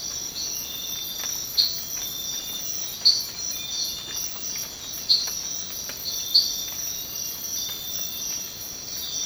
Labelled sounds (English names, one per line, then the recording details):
none
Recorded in dense forest near Puerto Asís, Putumayo, Colombia, on 19 March 2025 at 05:30
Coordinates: 0.500, -76.322
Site GP06